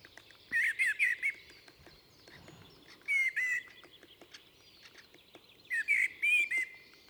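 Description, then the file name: Common blackbird singing three short warbled phrases with high squeaky notes, spaced about two and a half seconds apart. "Turdus merula"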